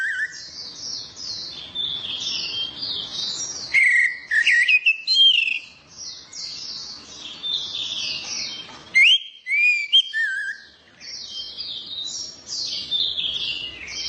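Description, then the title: Orange-headed thrush song: vigorous whistled phrases in two main bursts, mixing slurred and fluty notes, over dense high chattering in the background. Kicau mania songbird-hobby bird, called a champion, described as gacor (singing persistently), teler and doyong in style. "Kicau Mania Suara Burung Anis Merah Gacor Teler Doyorng Juara"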